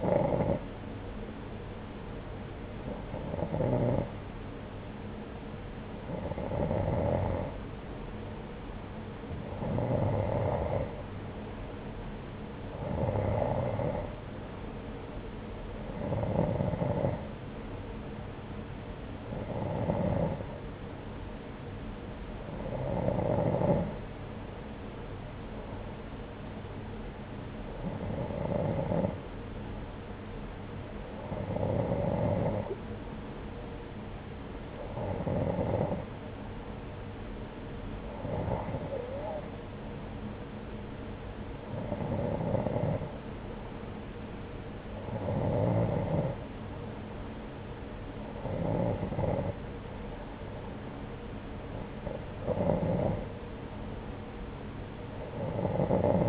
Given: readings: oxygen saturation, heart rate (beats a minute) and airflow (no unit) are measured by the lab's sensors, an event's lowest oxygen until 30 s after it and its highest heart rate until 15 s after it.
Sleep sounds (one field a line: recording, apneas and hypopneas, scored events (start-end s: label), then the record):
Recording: breathing in sleep by a voice recorder at the bedside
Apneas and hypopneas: none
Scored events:
none scored
From the record:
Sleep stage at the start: N2 (light sleep)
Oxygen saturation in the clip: 89 to 91%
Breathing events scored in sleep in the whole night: 303 in 8.1 hours asleep